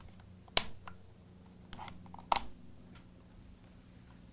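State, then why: Seated. The rug plate on a Kirby Generation 3 vacuum's power nozzle is locked back into place with the two latches on the rear of the nozzle. Two loud, sharp snaps at 0.6 s and 2.3 s mark the latches closing, with fainter handling ticks in between, and the rug plate is seated.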